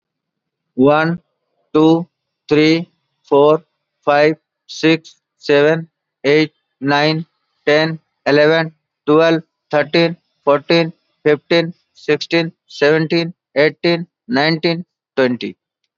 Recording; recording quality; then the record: counting at a normal pace; excellent, no background noise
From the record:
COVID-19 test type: RT-PCR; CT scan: not taken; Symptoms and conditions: none ticked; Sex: male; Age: 31 years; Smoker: no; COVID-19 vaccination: both doses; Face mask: worn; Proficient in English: yes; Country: India